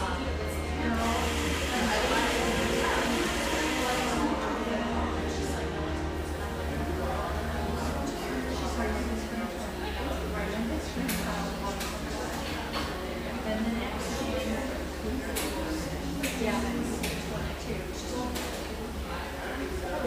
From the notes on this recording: the gentle hum of a wonderful neighborhood espresso shop, tucked away in a corner of the iconic coffee town of Portland, Oregon